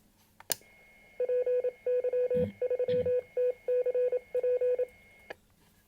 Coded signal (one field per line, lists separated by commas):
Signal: Morse code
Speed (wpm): 27 wpm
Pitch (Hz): 500 Hz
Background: none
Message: PY3TCP